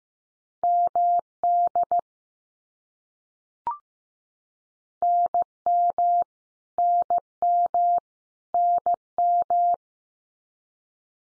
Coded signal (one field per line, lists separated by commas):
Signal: Morse code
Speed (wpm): 15 wpm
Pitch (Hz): 700 Hz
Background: none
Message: MD NM NM NM